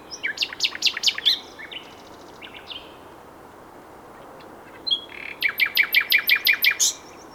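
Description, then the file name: Common nightingale song with a burst of rapid rattling notes, a long quiet gap with soft notes, then a loud run of evenly repeated chirps. "Luscinia megarhynchos"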